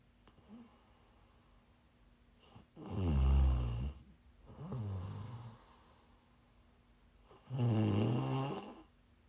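Three low, rumbling ASMR snores with a vibrating tone, roughly 13 a minute, from an adult woman asleep in a quiet room; ordinary sleep snoring.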